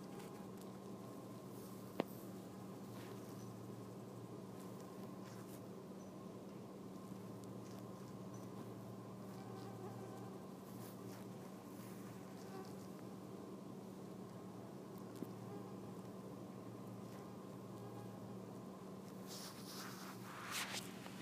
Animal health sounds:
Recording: mosquito flight sound by mobile phone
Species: Anopheles freeborni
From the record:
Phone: iPhone 4S

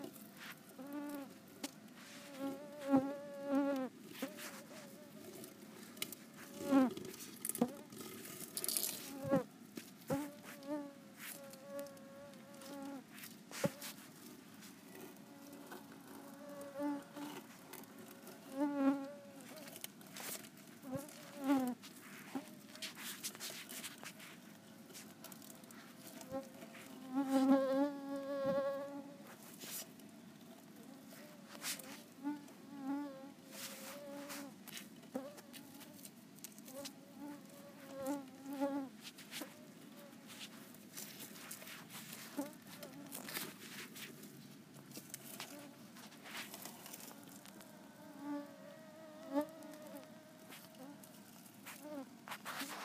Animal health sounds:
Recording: mosquito flight sound by mobile phone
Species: Culex tarsalis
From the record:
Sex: female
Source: PrakashLab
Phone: iPhone 4S

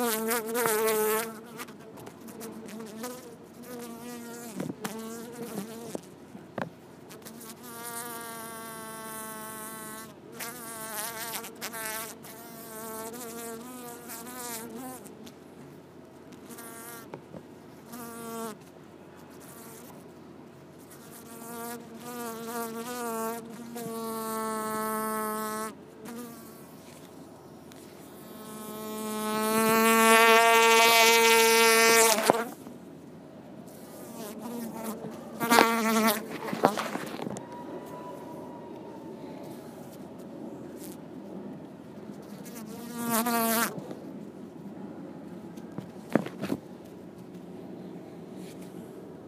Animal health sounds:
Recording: mosquito flight sound by mobile phone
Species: Culiseta incidens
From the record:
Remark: in a plastic bag, trying to fly

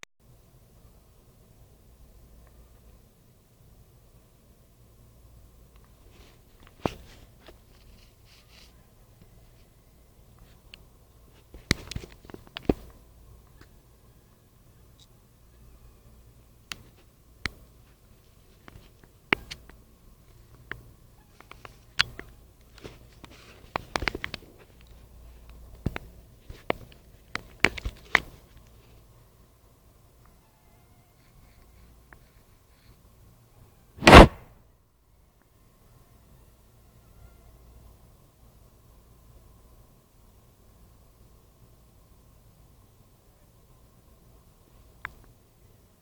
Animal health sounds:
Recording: mosquito flight sound by mobile phone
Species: Anopheles minimus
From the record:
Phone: Nokia 5235

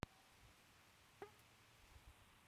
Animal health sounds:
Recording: mosquito flight sound by mobile phone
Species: Aedes sierrensis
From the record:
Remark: free flight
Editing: field recording with all noises

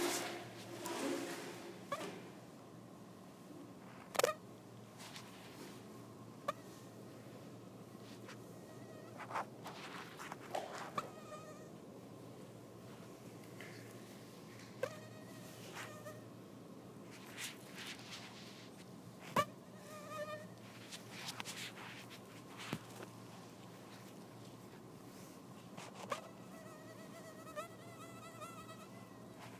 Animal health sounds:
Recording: mosquito flight sound by mobile phone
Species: Anopheles farauti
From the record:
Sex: female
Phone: iPhone 4S

